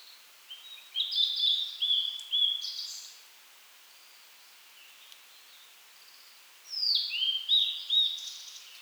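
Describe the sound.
Bird calling in bright, rapid chirpy phrases in two bursts with a quiet stretch between them.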